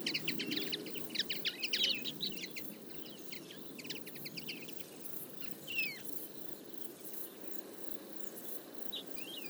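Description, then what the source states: Common Linnet calls, a burst of busy twittering at the start, then fewer scattered notes and a couple of louder chirps later. Flock of about fifty feeding in a field in late summer; calls, flights and autumn babbling; recorded for an hour with a single-microphone parabola.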